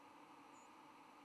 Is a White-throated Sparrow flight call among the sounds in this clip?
yes